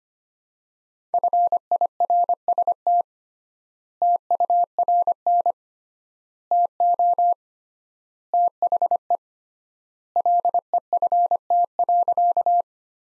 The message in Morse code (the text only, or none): FIRST TURN TO THE LEFT.